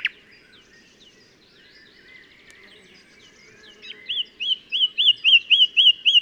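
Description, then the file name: Common nightingale song: after a few quiet seconds of faint, scattered twittering, a loud fast series of sharp, rising-and-falling whistled notes repeats rapidly until the end. "Luscinia megarhynchos"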